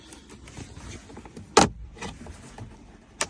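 Press-fit plastic trim panels on the dashboard of a 2025 GMC Sierra truck are pried off by hand or with a pry tool. Sharp plastic clicks ring out at 1.6 s and 3.2 s over faint handling noise as the clips release and pop out.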